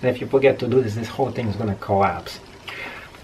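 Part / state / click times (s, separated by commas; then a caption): interchangeable lens into camera body lens mount / seated / 2.7 s. Someone talks while an interchangeable lens is put onto the bayonet mount of a Canon EOS M3 mirrorless camera body with the white marks lined up and twisted slowly until it locks. A single sharp snap is heard at 2.7 seconds as the lens seats in the mount.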